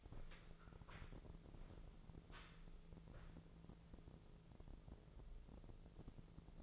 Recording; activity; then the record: daily activity, microphone in the room; walk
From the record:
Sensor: 5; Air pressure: 1005.6 hPa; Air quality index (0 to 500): 91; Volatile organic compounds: 2 ppm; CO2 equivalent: 1106 ppm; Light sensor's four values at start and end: 33/76/30/29 and 33/76/30/29